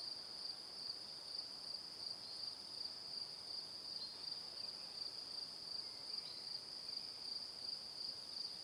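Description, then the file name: Crickets chirping in a steady high-pitched chorus, pulsing nearly three times a second throughout, with faint background hiss. Crickets chirping in the evening. "Calm - Evening Crickets"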